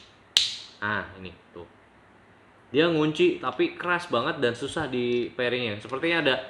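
The stiff plastic breathing valve halves on a face mask are forced apart and pop loose with a single sharp snap at 0.4 s, because the valve is very hard to remove. Someone then talks through the rest of the clip.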